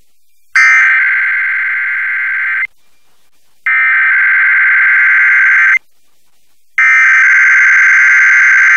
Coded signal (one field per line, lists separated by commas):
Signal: Emergency Alert System (SAME) tones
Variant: header bursts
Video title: KZJK-FM (104.1 JACK FM) Emergency Alert System Weekly Test Recorded 7-22-2020 (w/ IQ File)